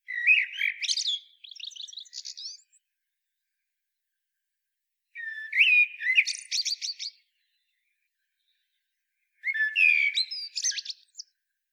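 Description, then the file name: Common blackbird song: three phrases, each a low fluted warble followed by a high squeaky twitter, separated by pauses. "Turdus merula"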